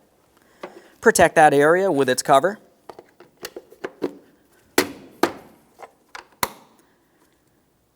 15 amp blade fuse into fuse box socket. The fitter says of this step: let's reattach our 15 amp fuse into the original position we'll press it in listen for a click